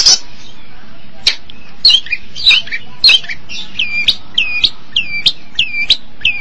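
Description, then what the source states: Long-tailed Shrike song: harsh scratchy notes, then a series of clear, down-slurred whistles repeated in quick succession. Recorded March 2017.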